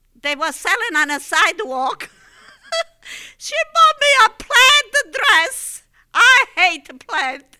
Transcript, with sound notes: they were selling on the sidewalk. ( she laughs ) She bought me a plaid dress. I hate plaid.